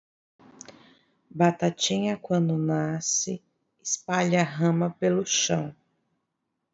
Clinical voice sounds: short text; Brazilian Portuguese; female; 30 to 39 years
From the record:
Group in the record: control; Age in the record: 35 years

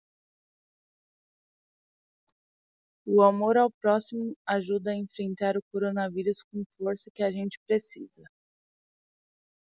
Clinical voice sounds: spoken sentence; Brazilian Portuguese; female; 20 to 29 years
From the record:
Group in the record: control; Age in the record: 24 years

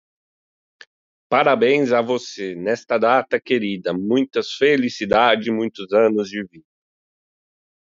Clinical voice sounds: short text; Brazilian Portuguese; male; 30 to 39 years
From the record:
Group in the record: control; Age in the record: 35 years

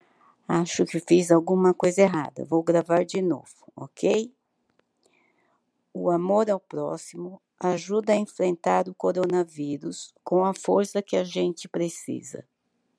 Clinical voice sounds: spoken sentence; Brazilian Portuguese; female; 70 to 79 years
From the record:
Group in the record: control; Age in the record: 72 years

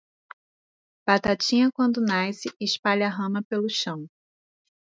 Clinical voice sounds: short text; Brazilian Portuguese; female; 30 to 39 years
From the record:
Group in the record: control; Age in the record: 35 years

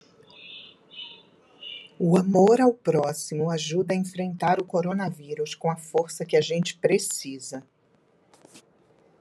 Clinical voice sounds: spoken sentence; Brazilian Portuguese; female; 40 to 49 years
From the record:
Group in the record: control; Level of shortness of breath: 1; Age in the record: 48 years

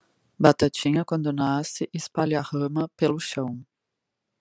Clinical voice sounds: short text; Brazilian Portuguese; female; 30 to 39 years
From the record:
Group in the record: control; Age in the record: 37 years

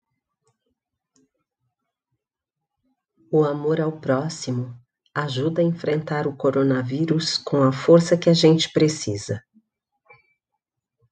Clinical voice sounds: spoken sentence; Brazilian Portuguese; female; 50 to 59 years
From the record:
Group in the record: control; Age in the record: 55 years

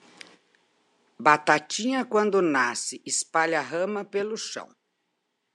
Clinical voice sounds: short text; Brazilian Portuguese; female; 60 to 69 years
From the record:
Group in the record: control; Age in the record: 63 years

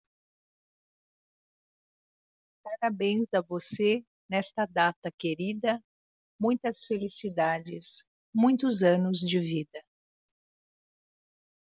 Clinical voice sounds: short text; Brazilian Portuguese; female; 50 to 59 years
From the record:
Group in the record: control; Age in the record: 54 years

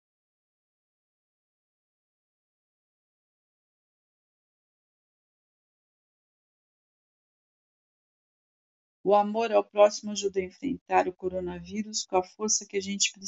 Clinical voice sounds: spoken sentence; Brazilian Portuguese; female; 60 to 69 years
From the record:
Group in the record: control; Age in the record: 67 years

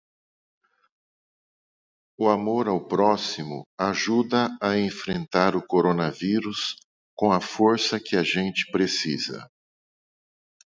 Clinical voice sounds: spoken sentence; Brazilian Portuguese; male; 50 to 59 years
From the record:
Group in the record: control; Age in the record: 56 years

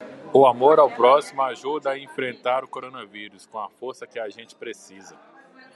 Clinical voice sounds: spoken sentence; Brazilian Portuguese; male; 40 to 49 years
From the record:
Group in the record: control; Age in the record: 42 years

